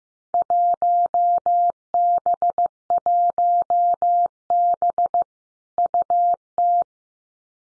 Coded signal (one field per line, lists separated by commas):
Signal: Morse code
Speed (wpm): 15 wpm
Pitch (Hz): 700 Hz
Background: none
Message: 1B1B UT